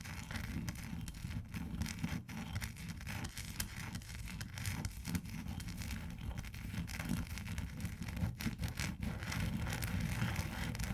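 Ice is tapped and scratched in a steady, dense stream of gritty scraping over a low, continuous rumble. Sharper taps cut through now and then, around two, four and a half, five, and eight to nine seconds, while the level stays fairly even throughout.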